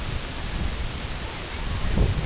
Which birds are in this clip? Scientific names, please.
Clangula hyemalis